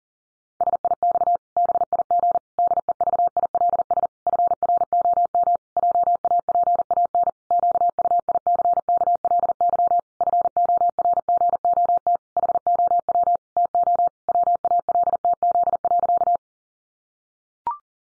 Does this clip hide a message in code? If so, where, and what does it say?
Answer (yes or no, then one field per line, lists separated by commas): yes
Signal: Morse code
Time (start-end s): 0.6-16.4 s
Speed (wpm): 40 wpm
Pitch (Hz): 700 Hz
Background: none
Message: SIX BIG DEVILS FROM JAPAN QUICKLY FORGOT HOW TO WALTZ.